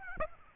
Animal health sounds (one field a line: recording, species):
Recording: mosquito wingbeat signal from an infrared sensor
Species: Aedes aegypti